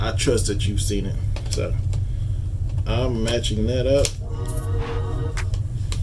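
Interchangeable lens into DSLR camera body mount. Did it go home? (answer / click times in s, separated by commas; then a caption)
yes / 5.9 s. A 10-18 mm interchangeable lens is lined up with the mount of a Canon 90D DSLR camera body and twisted on until it locks, while someone talks. Faint handling sounds are followed by a sharp click at 5.9 s as the lens seats on the mount.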